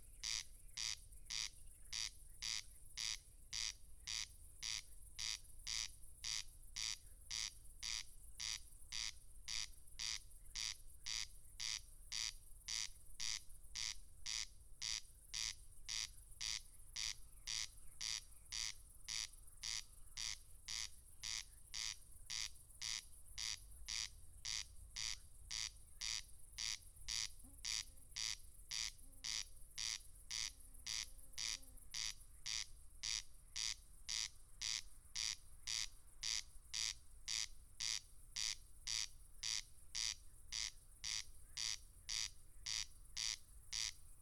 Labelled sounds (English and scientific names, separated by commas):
Corn Crake (Crex crex) song